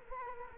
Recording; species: mosquito wingbeat signal from an infrared sensor; Culex quinquefasciatus